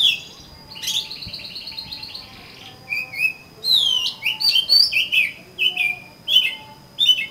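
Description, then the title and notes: Oriental magpie-robin opening with a buzzy rattle, then a rich run of varied whistles, slurs and trills. "suara kacer. kumpulan suara burung kacer"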